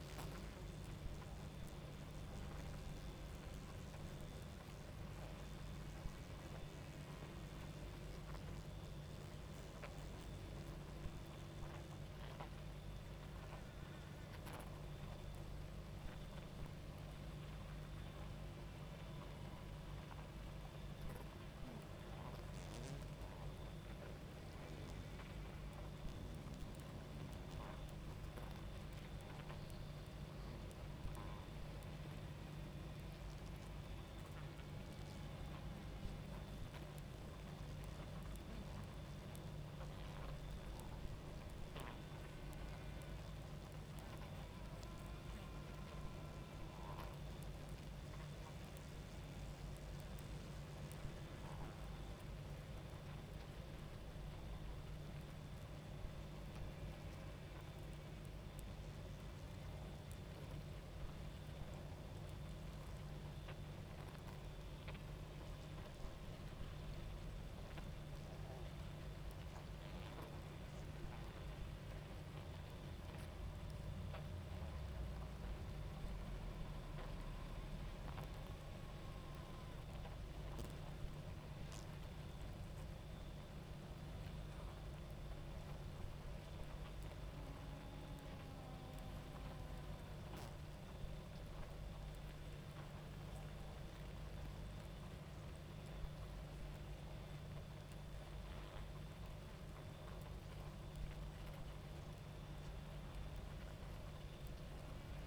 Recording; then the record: honeybee colony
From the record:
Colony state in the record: active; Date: 28 July 2017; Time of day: 23:17